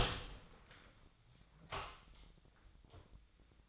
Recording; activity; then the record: daily activity, microphone in the room; open door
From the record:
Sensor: 3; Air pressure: 1009.2 hPa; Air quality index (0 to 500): 187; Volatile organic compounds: 3 ppm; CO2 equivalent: 1511 ppm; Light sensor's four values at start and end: 49/129/56/57 and 50/130/56/57